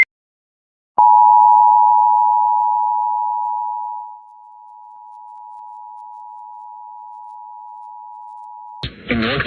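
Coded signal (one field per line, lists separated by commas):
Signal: Emergency Alert System (SAME) tones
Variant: 853 and 960 Hz attention tone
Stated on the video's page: Recreated mock alert.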